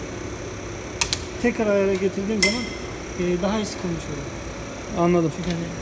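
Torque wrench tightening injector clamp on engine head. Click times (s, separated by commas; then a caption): 1.0 s, 1.1 s. A torque wrench tightens a diesel injector's hold-down clamp on the engine head until it clicks at its setting. Two short, sharp clicks sound at 1.0 and 1.1 seconds, and then someone talks.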